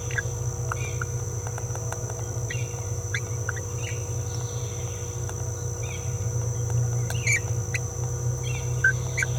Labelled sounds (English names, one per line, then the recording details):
Green-rumped Parrotlet babbling
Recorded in a nest box in Venezuela
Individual 18B17A3